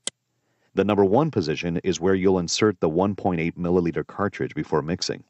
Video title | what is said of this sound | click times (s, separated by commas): Using the Onset Buffering System® | and push in approximately one quarter inch until you hear a click | 0.1 s